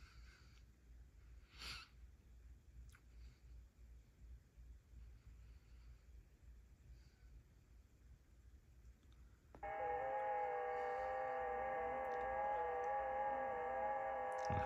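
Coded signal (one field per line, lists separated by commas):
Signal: FT8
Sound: quiet room hiss, then a receiver band of many steady warbling digital tones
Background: room noise, radio static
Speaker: I'm sending back to Signal report hopefully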